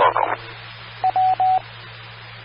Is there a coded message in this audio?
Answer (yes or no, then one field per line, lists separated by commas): no